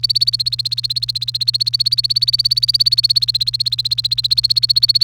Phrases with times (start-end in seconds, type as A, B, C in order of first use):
0.00-5.04 A